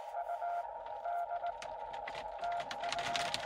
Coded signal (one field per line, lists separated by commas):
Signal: Morse code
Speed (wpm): 20 wpm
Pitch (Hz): 700 Hz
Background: none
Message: UD TU